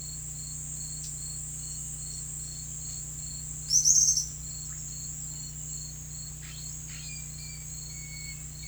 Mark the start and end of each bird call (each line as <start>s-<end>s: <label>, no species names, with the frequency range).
3.63s-4.34s: bird call (4.6-6.9 kHz)
6.34s-7.23s: bird call (1.1-4.9 kHz)